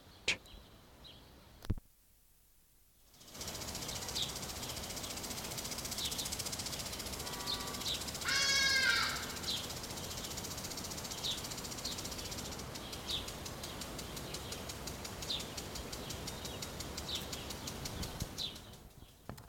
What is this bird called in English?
Hadada Ibis